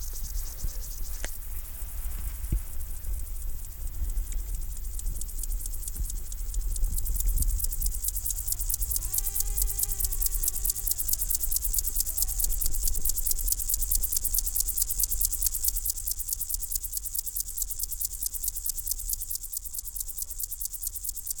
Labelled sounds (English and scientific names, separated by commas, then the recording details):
Upland Field Grasshopper (Chorthippus apricarius)
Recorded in the wild
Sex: male
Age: imago
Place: Botanische Anlage Blankenfelde, Berlin, DE
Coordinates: 52.603, 13.4
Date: 1996-08-24 14:02
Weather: heiter, teilweise Gewitter, 24°C
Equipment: Sony MD-WM MZ-R3, Sennheiser ME 80, Kopie Uher 4000 Report Monitor
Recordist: Tembrock, Günter